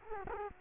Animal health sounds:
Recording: mosquito wingbeat signal from an infrared sensor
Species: Culex quinquefasciatus

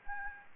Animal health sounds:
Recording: mosquito wingbeat signal from an infrared sensor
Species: Aedes albopictus

